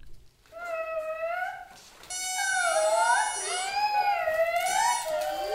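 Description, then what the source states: Indri song: long wailing tonal notes rising and falling, starting with one voice and joined by overlapping wails. Madagascar.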